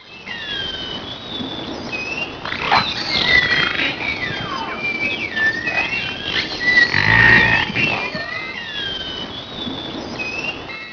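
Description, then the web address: Orca calls: squealing pulsed calls and sweeping whistles, some sharply upswept, overlapping over a low rumble. "gruby orki"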